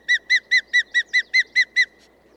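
Bird repeating nine bright, arched whistled notes in a fast, even rhythm, then falling silent.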